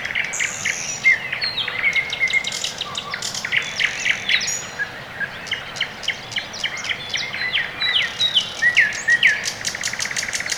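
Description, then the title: Birds in a morning chorus, several singers overlapping with quick chirps, clear whistled notes and dry rattling trills over a steady soft hiss. Quiet early morning in the Orekhovo-Borisovo Severnoye district, Moscow, Russia; recorded with a Sony ECM-MS2 into a Marantz PMD-661, processed with iZotope RX2 equalisation and gain. "район Орехово-Борисово Северное, Москва, Россия - Morning birds"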